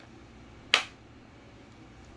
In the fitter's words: Hear that click?